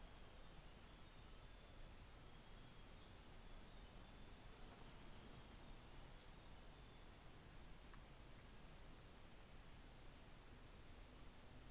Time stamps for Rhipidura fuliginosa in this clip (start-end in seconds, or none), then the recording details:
0.00-2.60. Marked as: faintness 5/5. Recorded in New Zealand on 24 December 2018. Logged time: 13:10